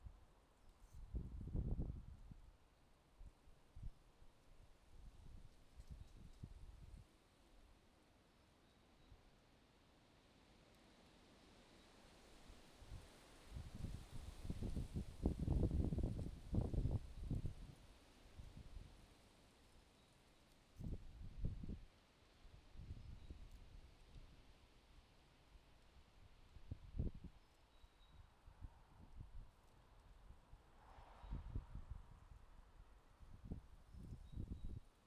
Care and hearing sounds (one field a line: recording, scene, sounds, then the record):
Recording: everyday scene through a hearing-aid microphone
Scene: wind on the microphone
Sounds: wind, traffic, birds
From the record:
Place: suburban garden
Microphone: in the ear canal, left